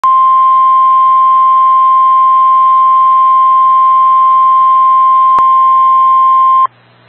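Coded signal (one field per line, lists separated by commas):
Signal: Emergency Alert System (SAME) tones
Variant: 1050 Hz attention tone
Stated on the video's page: Severe thunderstorm warning received on NOAA Weather Radio out of state.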